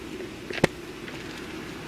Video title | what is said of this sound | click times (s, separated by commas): Nursing Clinicals 05 December, 2020 | and when you snap it together you have to hear it snaps | 0.6 s